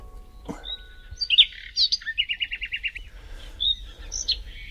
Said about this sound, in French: Alors, quand j'ai de la visite, je mets le chant des oiseaux. Et c'est comme si que c'était les poupées qui accueillaient le visiteur. Donc, c'est aussi le chant des poupées.